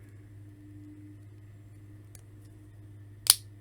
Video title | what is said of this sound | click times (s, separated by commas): Playmobil 70302 Gladiator Review and Unboxing | Snaps in place. | 3.3 s